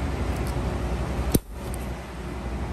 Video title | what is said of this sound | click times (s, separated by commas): Cascadia disc brake pads replacement | and it will snap right in place just | 1.3 s